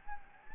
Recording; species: mosquito wingbeat signal from an infrared sensor; Anopheles gambiae